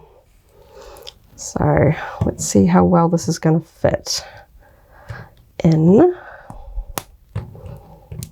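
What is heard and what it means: A small plastic blaster is pressed into the plastic hand of a Star Wars Black Series Boba Fett (Throne Room) 6-inch action figure while someone talks. It is a tight fit, with sharp plastic clicks at 7.0 s and 8.2 s. The blaster ends up seated firmly in the grip.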